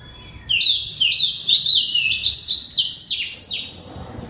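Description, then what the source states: Oriental magpie-robin singing a loud, steady run of several short whistled notes. Indonesian name kacer; loud song in the style called ngeplong.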